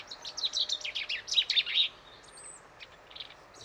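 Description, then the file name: Common chaffinch singing one fast, cascading phrase of sharp notes lasting about two seconds, followed by a thin high whistle and a few soft chips. "Fringilla coelebs"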